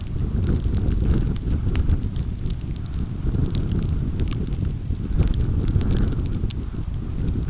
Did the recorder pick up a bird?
no